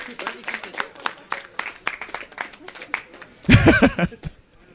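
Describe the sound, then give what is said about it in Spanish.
An audience at ComicMania applauds a quiz contestant with a patter of scattered claps, swelling into a brief, louder burst of clapping before cutting off abruptly into quiet. “¡Un fuerte aplauso”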